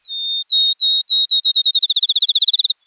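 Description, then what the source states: Field Sparrow song of pure whistled notes that begin slow and steady, then quicken into a fast, accelerating trill ending after under three seconds; no other sounds present. Sweetly whistled song speeding toward a melodious trill, sung in the dark an hour before dawn on a July morning in the Wisconsin countryside, announcing the new day.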